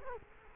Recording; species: mosquito wingbeat signal from an infrared sensor; Culex quinquefasciatus